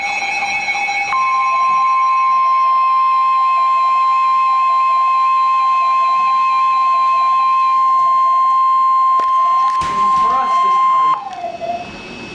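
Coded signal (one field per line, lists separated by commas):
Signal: Emergency Alert System (SAME) tones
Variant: 1050 Hz attention tone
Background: speech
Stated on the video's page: Severe thunderstorm warning alert with thunder audible in the background.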